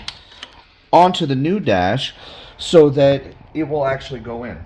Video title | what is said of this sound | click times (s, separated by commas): Upgrading The Radio in 17 Jeep JK Wrangler | and install them, which they just snap right into place | 0.1 s, 0.4 s